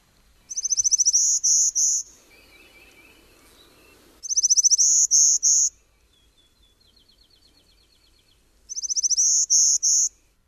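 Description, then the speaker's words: Golden-winged warbler song, a high thin buzzy phrase repeated three times about every four seconds, with a faint different bird calling softly between phrases. Mountains of North Carolina; species nests on the ground; another bird was also caught on the recording. "But let's go up to the mountains now, where we can hear the sound of the golden-winged warbler."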